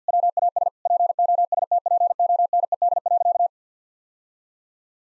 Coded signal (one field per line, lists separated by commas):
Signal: Morse code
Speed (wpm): 50 wpm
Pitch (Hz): 700 Hz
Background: none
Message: WAS POSTPONED.